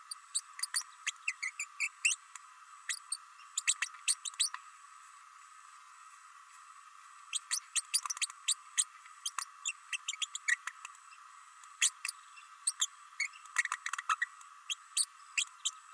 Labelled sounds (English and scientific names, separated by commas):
Green-rumped Parrotlet (Forpus passerinus) babbling